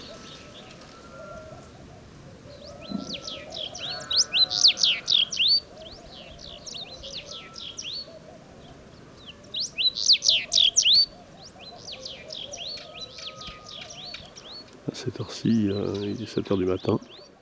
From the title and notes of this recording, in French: Bruant du Sahara - Mauritanie. Ruines de Wadan - Mauritanie - Tlp7 - Mixpre3. Le soleil vient tout juste d'apparaitre derrière la dentelle des ruines de la vieille ville de Wadan. C'est à ce moment que les Bruants de Sahara (Emberiza sahari) se mettent tous à chanter invisibles dans les amas de pierres.